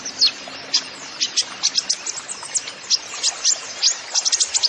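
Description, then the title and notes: Kolibri Ninja song: bright, high downslurred chirps, several per second, in an irregular, lively series. Masteran recording used to train songbirds, full of 'isian' fill-in and 'tembakan' shot song phrases, meant as 'pancingan' to prompt other birds; bird described as 'gacor', singing persistently. "MASTERAN KOLIBRI NINJA FULL ISIAN DAN TEMBAKAN COCOK BUAT PANCINGAN. Suara Burung Kolibri Ninja Gacor"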